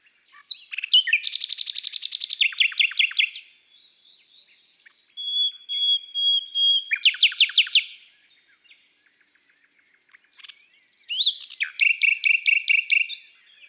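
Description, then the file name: Common nightingale singing long strophes of rapid rattling trills, a clear held whistle between them, and loud chattering phrases after brief pauses. From an album of bird songs of woods and forests. "Rossignol philomele Chants doiseaux des bois et des forets"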